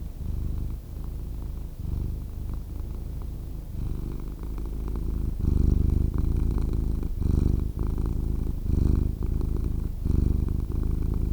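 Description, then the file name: Domestic cat purr, a steady deep vibrating rumble in rhythmic breath cycles, strengthening after the first few seconds. "Cat Purring Sound"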